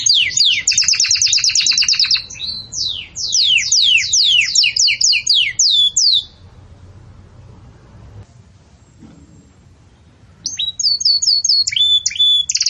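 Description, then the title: Belgian canary singing rapid trills and sweeping notes for about six seconds, a quiet pause, then a fresh burst of clipped high notes. Belgian canary song in the campainha (bell) style, used for training young chicks to sing. "Canto Do Canário Belga Campainha Para Encarte De Filhotes"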